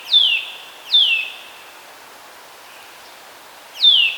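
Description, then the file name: Eurasian nuthatch making clear, downward-slurred whistled notes, two close together at the start and a third after a gap of nearly three seconds. "Sitta europaea"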